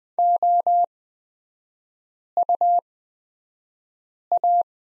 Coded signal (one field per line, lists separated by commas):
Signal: Morse code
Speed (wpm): 20 wpm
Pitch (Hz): 700 Hz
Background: none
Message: OUA